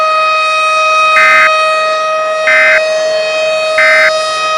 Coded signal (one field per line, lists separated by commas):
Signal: Emergency Alert System (SAME) tones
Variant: end-of-message bursts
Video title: Everybody's Fear (An EAS scenario) Part 1